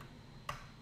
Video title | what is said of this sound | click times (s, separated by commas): Building LEGO Barad-dûr LIVE! Instruction book 2! | aha there's the click | 0.5 s